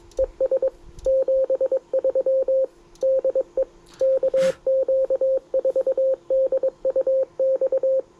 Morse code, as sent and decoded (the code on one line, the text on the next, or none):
. ... / --... ...-- / -.. . / -.- --.- ....- -.. ..- -..-
ES 73 DE KQ4DUX